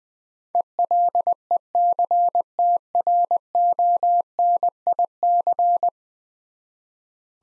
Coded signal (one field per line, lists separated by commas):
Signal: Morse code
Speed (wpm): 21 wpm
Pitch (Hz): 700 Hz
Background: none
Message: ELECTRONIC